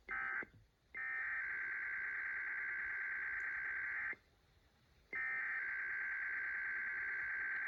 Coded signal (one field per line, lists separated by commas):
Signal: Emergency Alert System (SAME) tones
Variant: header bursts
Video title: IPAWSCAP Weekly Tests & 2 Civil Alerts (EAS #892-#902)